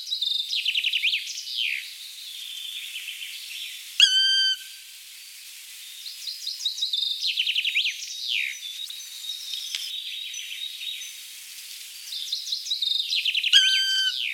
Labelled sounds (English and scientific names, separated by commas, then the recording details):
Black Woodpecker (Dryocopus martius)
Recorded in the wild
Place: Jägerhof / Breisach am Kaiserstuhl, Baden-Württemberg, DE
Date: 1986-04-05
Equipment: Uher Report Monitor
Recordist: Schwarz, Dieter